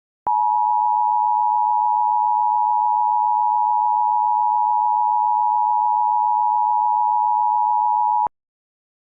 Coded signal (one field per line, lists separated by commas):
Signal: Emergency Alert System (SAME) tones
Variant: 853 and 960 Hz attention tone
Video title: [EAS SCENARIO/ANALOG HORROR] - Dark Autumn